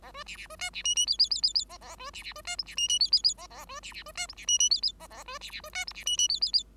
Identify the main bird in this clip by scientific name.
Lonchura striata domestica